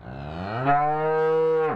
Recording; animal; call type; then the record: contact call of a hoofed animal; cattle; low-frequency (closed-mouth) or high-frequency (open-mouth) call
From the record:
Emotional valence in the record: negative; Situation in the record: full separation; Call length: 1.77 s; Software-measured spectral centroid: 1050 Hz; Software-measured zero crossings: 1230 a second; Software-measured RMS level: -23 dBFS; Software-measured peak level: -8 dBFS